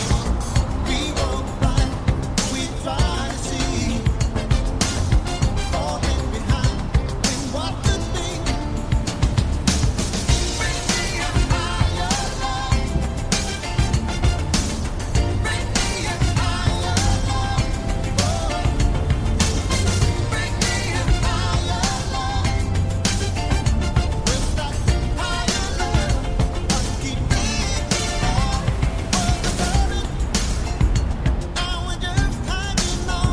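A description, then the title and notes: Steady driving sound inside a vehicle, with a low rumble of the engine and road running throughout the half minute. A crackly radio sits over it, with busy, choppy bright noise and faint tonal snatches. The level stays even, with no distinct events. An 80s Summer Drive. The sounds of distant waves against the coast you're driving along, with the crackle of the radio and the rather comforting sounds of the vehicle around you.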